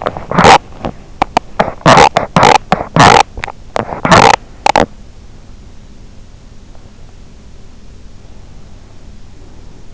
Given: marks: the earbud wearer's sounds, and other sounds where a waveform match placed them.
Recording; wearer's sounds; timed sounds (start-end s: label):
sounds in sleep by an in-ear microphone; teeth grinding
0.00-4.87 s: teeth grinding